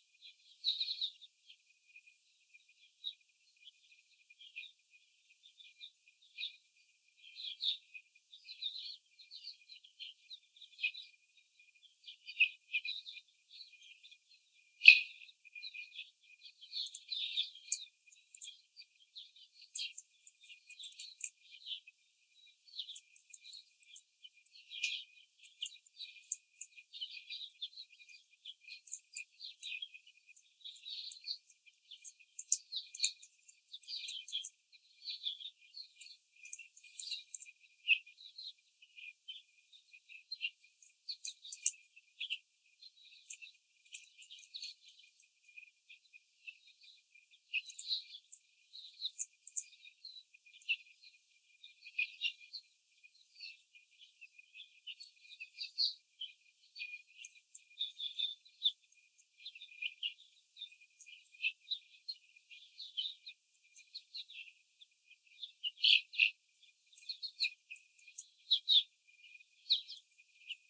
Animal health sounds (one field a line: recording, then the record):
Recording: young laying hens in a cage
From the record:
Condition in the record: after the stressor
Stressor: simulated dog barking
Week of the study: 4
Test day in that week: 3